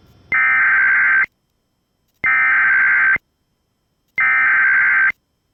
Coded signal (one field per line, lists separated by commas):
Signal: Emergency Alert System (SAME) tones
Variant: header bursts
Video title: Another AZ silver alert (EAS#129)